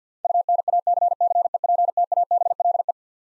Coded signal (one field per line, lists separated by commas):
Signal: Morse code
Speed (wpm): 50 wpm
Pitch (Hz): 700 Hz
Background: none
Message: UNACCEPTABLE